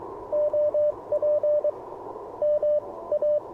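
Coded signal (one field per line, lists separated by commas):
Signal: Morse code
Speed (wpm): 22 wpm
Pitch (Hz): 590 Hz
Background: radio noise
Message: OP MA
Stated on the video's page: QRP CW POTA park activation at dawn using an Icom IC-705, Alex Loop antenna and a Modern Morse Nameless key.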